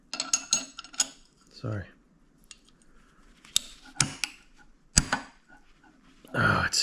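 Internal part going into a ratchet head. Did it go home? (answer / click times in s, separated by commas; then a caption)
no / none. Someone tries again to press an internal part into a Snap-on ratchet head, producing a run of sharp metallic clicks and taps while someone talks briefly. The part still has not seated.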